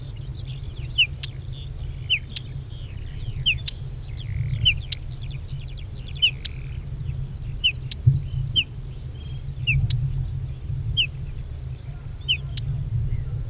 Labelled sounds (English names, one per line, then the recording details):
Whinchat call
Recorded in the wild
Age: adult
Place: Feldberg - Koldenhof, Mecklenburgische Seenplatte, Mecklenburg, DE
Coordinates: 53.3333, 13.3333
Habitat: edge of the woods
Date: 1976-06-18 19:30
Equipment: Uher CR 210, Sennheiser MD 421 HL, Verstärker, Reflektor, Kopie Uher 4200
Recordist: Tembrock, Günter